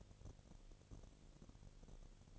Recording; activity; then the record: daily activity, microphone in the room; no activity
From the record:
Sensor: 4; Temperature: 22.4 degrees Celsius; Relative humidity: 31.1%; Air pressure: 1004.1 hPa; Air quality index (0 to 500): 85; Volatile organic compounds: 1 ppm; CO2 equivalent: 765 ppm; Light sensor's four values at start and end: 2/3/1/1 and 2/3/1/1